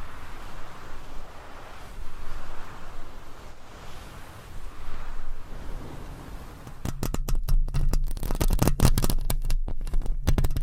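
Fingernails scratching and rubbing across a microphone cover make a dense, steady scraping hiss for the first seven seconds, swelling and easing in slow waves. Then the texture turns rougher and louder, with rapid sharp scrapes and a low rumbling thud underneath until the end.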